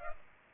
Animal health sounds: mosquito wingbeat signal from an infrared sensor; Culex pipiens

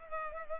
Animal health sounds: mosquito wingbeat signal from an infrared sensor; Culex pipiens

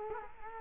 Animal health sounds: mosquito wingbeat signal from an infrared sensor; Culex quinquefasciatus

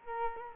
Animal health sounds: mosquito wingbeat signal from an infrared sensor; Culex quinquefasciatus

